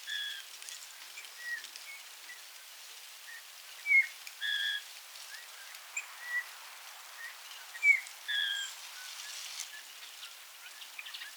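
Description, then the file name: Eurasian bullfinch calls: several soft whistled notes, some short and downslurred, others longer and steady, over a steady hiss. "Pyrrhula pyrrhula"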